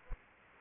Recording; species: mosquito wingbeat signal from an infrared sensor; Culex quinquefasciatus